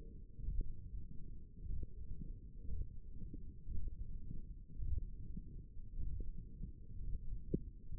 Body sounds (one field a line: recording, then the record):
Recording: forearm muscle sounds (acoustic myography)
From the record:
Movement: hand closing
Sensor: system 1, eight BSWA MPA416 microphones around the upper forearm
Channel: 1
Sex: female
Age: 21 years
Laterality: right